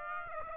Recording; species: mosquito wingbeat signal from an infrared sensor; Aedes aegypti